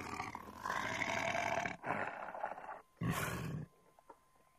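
Tiger giving deep, harsh growls in three separate bursts, each a gravelly rumble lasting under two seconds, with brief dips in between.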